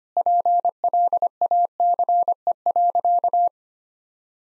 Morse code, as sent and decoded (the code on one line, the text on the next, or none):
.--. .-.. .- -.-. . .-.-.-
PLACE.